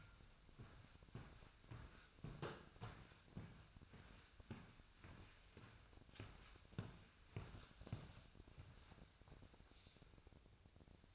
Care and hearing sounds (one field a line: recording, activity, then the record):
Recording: daily activity, microphone in the room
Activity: walk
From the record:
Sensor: 2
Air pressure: 1001.5 hPa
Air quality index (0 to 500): 228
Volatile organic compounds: 26 ppm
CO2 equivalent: 2870 ppm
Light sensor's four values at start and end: 9/29/11/11 and 9/28/11/10